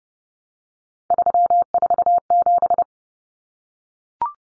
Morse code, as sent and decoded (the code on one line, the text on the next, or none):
...-- ....- --...
347